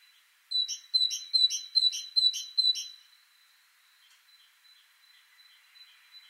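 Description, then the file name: Great tit calling: a quick run of about seven two-part notes, a thin steady tone then a buzzy burst, repeated about every 0.4 seconds before fading into faint chirps. "Parus major"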